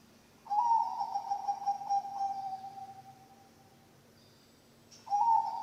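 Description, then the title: Zebra dove cooing song: a sustained pulsing, trilled coo lasting about three seconds, a quiet pause, then a new phrase begins strongly. Bangkok-type zebra dove (perkutut) song, used as a training recording for other birds (masteran) and as a lure (pancingan). "mster Mnuk. SUARA OCEHAN BURUNG PERKUTUT BANGKOK Untuk MASTERAN dan PANCINGAN"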